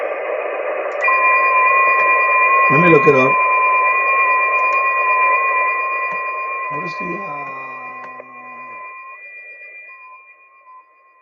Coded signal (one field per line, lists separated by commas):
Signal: FT8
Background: speech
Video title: Danny Shortwave And Radio DX Live Stream #217 4/16/2025 6 Meter Band opening FT8